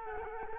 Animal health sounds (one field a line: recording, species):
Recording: mosquito wingbeat signal from an infrared sensor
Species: Culex quinquefasciatus